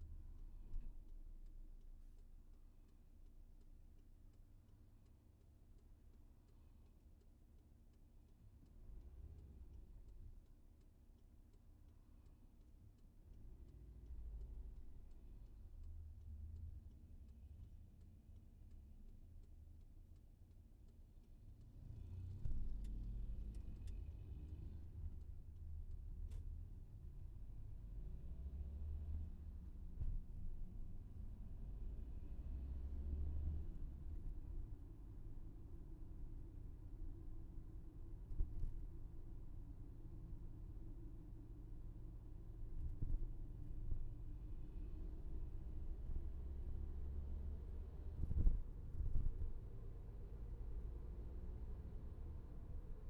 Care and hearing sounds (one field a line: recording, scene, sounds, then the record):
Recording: everyday scene through a hearing-aid microphone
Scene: in a vehicle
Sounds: engine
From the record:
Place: VW T5 Caravelle, diesel engine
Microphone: behind the ear, left, rear